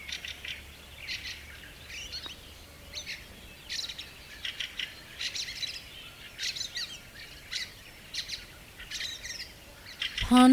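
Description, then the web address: Bird chorus of bright chirps and twittering phrases from several singers, spaced in short bursts, with a brief louder low tone at the very end. Several birds singing together at dawn in a summer garden. "multi voiced bird singing at dawn in the summer garden"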